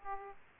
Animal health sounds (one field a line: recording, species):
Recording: mosquito wingbeat signal from an infrared sensor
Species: Aedes aegypti